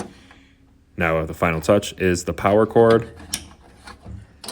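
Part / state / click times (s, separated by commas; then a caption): power cord plug into washing machine control board / seated / 3.3 s. A power cord plug is pushed into a GE washing machine control board as the final connection while someone talks. It snaps into place with a sharp click at 3.3 s, seating securely.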